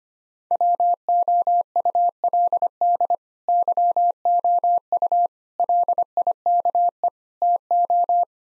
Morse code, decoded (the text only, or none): WOULD YOU LIKE TO